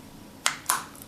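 A plastic cover is pressed back onto a Cadillac key fob housing (XT6, XT5, CT6, early XT4 or Escalade) after a battery replacement. Two sharp plastic snaps are heard at 0.5 s and 0.7 s, with a fainter tick near 1.0 s. The case halves are confirmed snapped together and the cover is seated.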